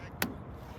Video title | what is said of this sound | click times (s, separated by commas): BMW 650i /550i O2 Sensor Replacement DIY F12 / F10 Fix Error Code P0136 P0156 Oxygen Sensor Heater | Push it in until it clicks. | 0.2 s